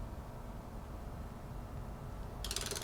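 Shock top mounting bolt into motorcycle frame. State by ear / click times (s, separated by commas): stripped / none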